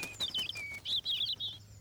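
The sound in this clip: European Robin song: thin, high warbled phrases with quick sliding notes, two short bursts separated by a brief pause.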